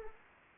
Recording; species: mosquito wingbeat signal from an infrared sensor; Anopheles arabiensis